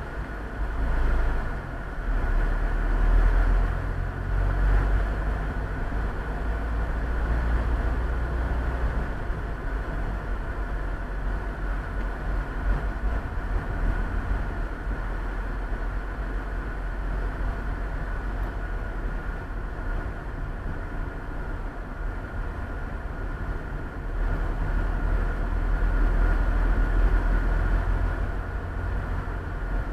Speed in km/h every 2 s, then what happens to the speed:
15, 19, 23, 28, 32, 33, 32, 32, 33, 32, 31, 31, 30, 31, 33.
0-9 speeds up to 33. 9-30 steady at about 32.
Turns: none.